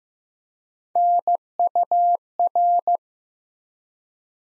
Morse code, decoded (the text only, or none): NUR